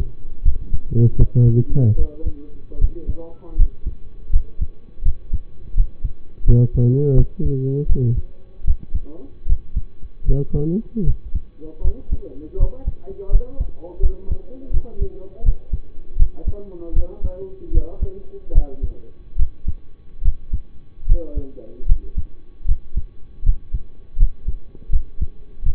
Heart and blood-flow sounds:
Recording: heart sounds by stethoscope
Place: between the tricuspid and mitral areas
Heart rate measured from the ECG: 79 bpm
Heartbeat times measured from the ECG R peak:
0.42 s: heartbeat
1.16 s: heartbeat
1.96 s: heartbeat
2.78 s: heartbeat
3.56 s: heartbeat
4.30 s: heartbeat
5.03 s: heartbeat
5.74 s: heartbeat
6.44 s: heartbeat
7.14 s: heartbeat
7.86 s: heartbeat
8.64 s: heartbeat
9.46 s: heartbeat
10.25 s: heartbeat
11.04 s: heartbeat
11.81 s: heartbeat
12.57 s: heartbeat
13.29 s: heartbeat
14.00 s: heartbeat
14.71 s: heartbeat
15.43 s: heartbeat
16.16 s: heartbeat
16.93 s: heartbeat
17.71 s: heartbeat
18.52 s: heartbeat
19.36 s: heartbeat
20.22 s: heartbeat
21.06 s: heartbeat
21.86 s: heartbeat
22.66 s: heartbeat
23.43 s: heartbeat
24.17 s: heartbeat
24.90 s: heartbeat
25.63 s: heartbeat
From the record:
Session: rest, lying down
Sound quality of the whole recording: partially saturated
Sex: male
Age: 25 years

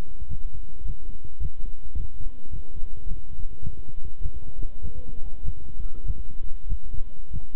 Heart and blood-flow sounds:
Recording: heart sounds by stethoscope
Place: between the tricuspid and mitral areas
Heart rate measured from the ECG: 102 bpm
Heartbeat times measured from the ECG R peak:
0.28 s: heartbeat
0.84 s: heartbeat
1.39 s: heartbeat
1.95 s: heartbeat
2.50 s: heartbeat
3.06 s: heartbeat
3.62 s: heartbeat
4.21 s: heartbeat
4.82 s: heartbeat
5.43 s: heartbeat
6.04 s: heartbeat
6.67 s: heartbeat
7.31 s: heartbeat
From the record:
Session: walking at 3.7 km/h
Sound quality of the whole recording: good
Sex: male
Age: 26 years

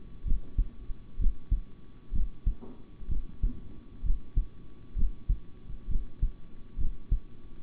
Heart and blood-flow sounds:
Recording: heart sounds by stethoscope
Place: between the tricuspid and mitral areas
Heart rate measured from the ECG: 64 bpm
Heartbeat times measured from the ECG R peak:
0.24 s: heartbeat
1.18 s: heartbeat
2.12 s: heartbeat
3.08 s: heartbeat
4.02 s: heartbeat
4.95 s: heartbeat
5.88 s: heartbeat
6.77 s: heartbeat
From the record:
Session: rest, sitting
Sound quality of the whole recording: good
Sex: male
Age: 26 years

